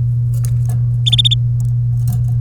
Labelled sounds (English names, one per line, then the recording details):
Domestic Canary song
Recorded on 3 May 2018 at 13:42
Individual llb3